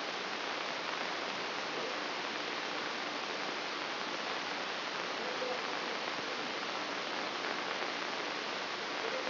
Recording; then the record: brain microelectrode recording played as sound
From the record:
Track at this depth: inside the subthalamic nucleus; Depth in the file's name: 4.265 mm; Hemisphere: left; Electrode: 3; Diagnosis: Parkinson's disease